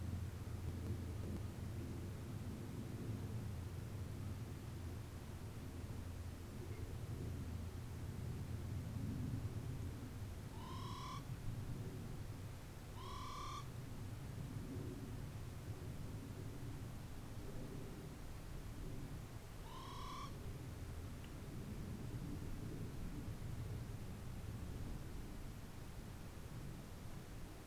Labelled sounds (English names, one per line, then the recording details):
Morepork trill
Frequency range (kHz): Morepork 0.7-10.1 kHz
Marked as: faintness 2/5
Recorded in New Zealand on 4 June 2017
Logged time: 19:01
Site Taranaki